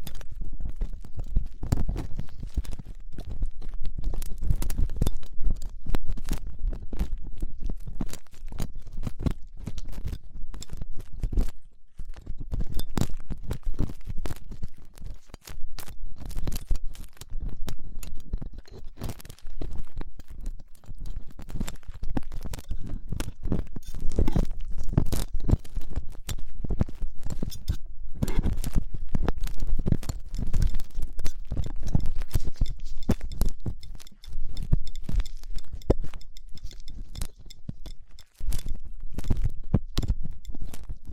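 Ear cleaning with latex gloves, a dental pick and cotton swabs: dense, steady rubbing and scratching crackles with low muffled thumps throughout.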